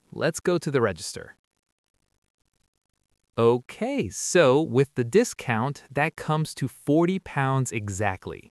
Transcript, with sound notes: Let’s go to the register. [Short pause] Okay, so with the discount, that comes to forty pounds exactly.